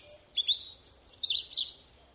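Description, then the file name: European robin singing: thin, very high whistles interleaved with short jumbled, twittering high notes, repeated in quick bursts. "Erithacus rubecula"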